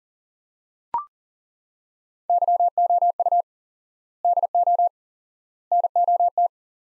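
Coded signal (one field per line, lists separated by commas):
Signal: Morse code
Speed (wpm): 39 wpm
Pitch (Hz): 700 Hz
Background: none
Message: YOU DO NOT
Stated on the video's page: Morse code practice: sets of four words at 40wpm with 4x word spacing, a Farnsworth-like method for head-copying phrases; each set is sent, spoken, then sent again.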